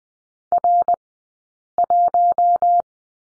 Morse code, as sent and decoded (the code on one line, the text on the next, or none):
.-. .----
R1